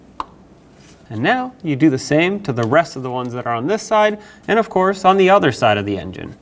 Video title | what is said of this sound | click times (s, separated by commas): How to Replace Spark Plugs 2011-2016 Ford F-350 (6.2L V8) | Now you want to take the wire, slide it over the spark plug, press it on until it clicks and locks in. | 0.2 s